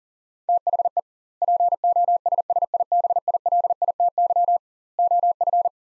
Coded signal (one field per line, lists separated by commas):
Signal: Morse code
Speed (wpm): 40 wpm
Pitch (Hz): 700 Hz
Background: none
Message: THE POSSIBILITY OF